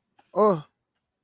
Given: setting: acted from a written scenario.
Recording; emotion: vocal sound without words; elation